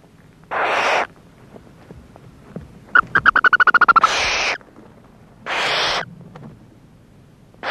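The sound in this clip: Barn owl screeching in long, raspy hissing bursts, with a quick run of sharp ticking chirps just before the second screech and faint background noise.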